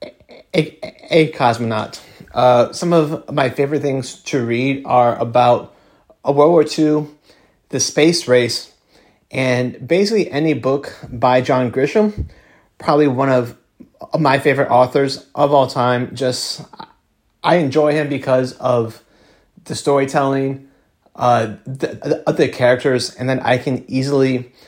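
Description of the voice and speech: An adult male speaker from New Orleans, Louisiana, USA, speaks with a stutter: drawn-out sounds at the starts of words and frequent pauses break up otherwise fluent speech.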